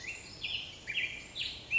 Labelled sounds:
Black-headed Grosbeak (Pheucticus melanocephalus)
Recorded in Sonoma County, California

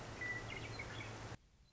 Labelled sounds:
Western Meadowlark (Sturnella neglecta)
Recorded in Sonoma County, California

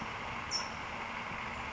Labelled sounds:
California Towhee (Melozone crissalis)
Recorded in Sonoma County, California

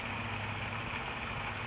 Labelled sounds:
California Towhee (Melozone crissalis)
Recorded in Sonoma County, California

